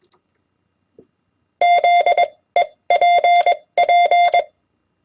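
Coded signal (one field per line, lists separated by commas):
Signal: Morse code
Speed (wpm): 21 wpm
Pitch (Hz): 700 Hz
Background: none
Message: ZEPP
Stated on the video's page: Common amateur CW QSO abbreviations and words sent on a key at 20 wpm.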